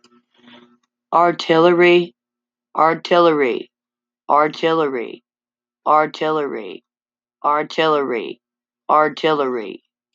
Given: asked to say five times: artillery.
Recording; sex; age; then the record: repeated word; female; 40 to 49 years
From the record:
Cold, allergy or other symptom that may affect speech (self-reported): no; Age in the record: 42 years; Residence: Iowa, United States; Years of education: 14